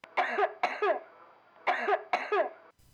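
Four short, sharp coughs in two pairs from an adult, with no rattle or bubbling, typical of a dry cough as contrasted with the wet cough of bronchiectasis.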